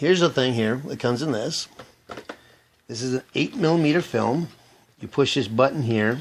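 Someone talks while handling the fold-out winding handle on an old 8 mm film camera body, with two brief, faint handling sounds near 2.1 and 2.3 seconds in a pause. The button has not yet been pressed to release the handle, so it has not sprung out or locked in place; nothing has seated or clicked yet.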